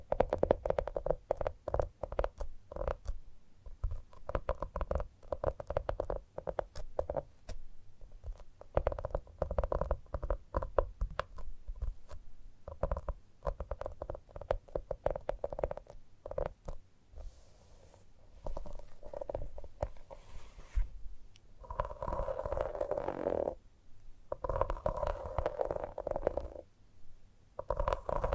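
Gentle tapping runs through the whole stretch, many soft, quick taps in dense, uneven bursts with brief pauses. A low, steady hum sits underneath, and after twenty seconds a few smoother rubbing or scraping sounds swell in between the taps.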